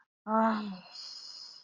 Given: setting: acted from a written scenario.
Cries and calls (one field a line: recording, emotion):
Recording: vocal sound without words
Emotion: shame